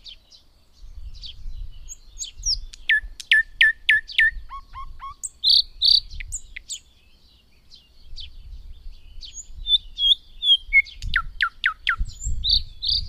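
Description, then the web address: Thrush nightingale song: rapid series of sharp clicking notes, brief lower notes, high piping notes, and another clicking run near the end, with faint background rumble. "agykontroll Madardalok Cd 2. Nagy fülemüle"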